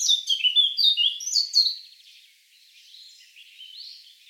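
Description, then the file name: Eurasian blackcap song: a loud, hurried warble of sweet whistled notes for about two seconds, trailing into soft, quiet twittering. "Sylvia atricapilla"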